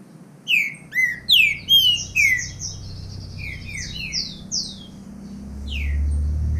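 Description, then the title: Green-winged saltator delivering a bright phrase of loud, sliding whistles early on, then softer rising and falling notes over a low rumble. Bird named Nicão singing in the bush, in a song contest with a free-living wild bird. "Trinca Ferro NICÃO No Mato Disputando Com Solto"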